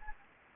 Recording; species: mosquito wingbeat signal from an infrared sensor; Anopheles gambiae